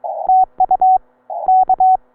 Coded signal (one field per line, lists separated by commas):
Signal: Morse code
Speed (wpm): 23 wpm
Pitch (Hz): 750 Hz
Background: none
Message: TU K